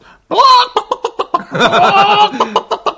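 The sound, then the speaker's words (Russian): A man's voice imitates a clucking hen, with a rising squawk followed by a run of short, rhythmic clucks and a drawn-out cackle, ending in a few quick clucks. “Это курица.”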